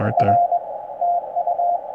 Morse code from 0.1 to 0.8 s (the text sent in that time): R